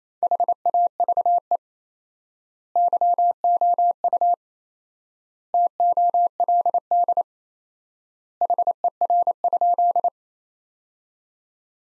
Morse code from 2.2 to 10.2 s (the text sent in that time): YOU TOLD HER?